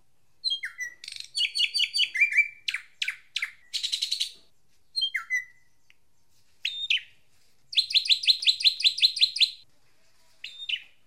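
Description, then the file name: Hair-crested drongo giving sweeping whistles, clipped buzzy notes and quick ringing note series, phrases changing often with brief silences between. Training recording (masteran) for songbirds. "suara masteran srigunting jambul rambut"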